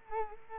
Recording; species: mosquito wingbeat signal from an infrared sensor; Culex quinquefasciatus